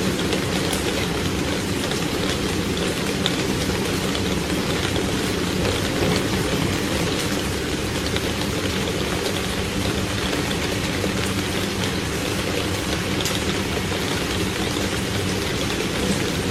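Heavy rain falls on a roof in a steady, dense rush that holds the same level for the whole stretch. The patter is thick and even, with a low rumbling undertone and a faint steady hum running beneath it. No separate thunderclaps stand out.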